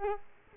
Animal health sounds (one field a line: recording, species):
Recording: mosquito wingbeat signal from an infrared sensor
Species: Culex quinquefasciatus